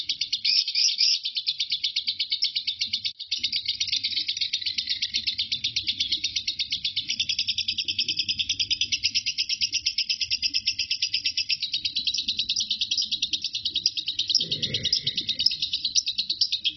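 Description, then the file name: Lovebird in a long rapid chattering song, buzzy high pulses running continuously, with a dull low knock near the end; soft background rumble. Lovebird named Marco singing ngekek; recording lasts 5 minutes 25 seconds. "suara burung lovebird Marco durasi ngekek 5 menit 25 detik"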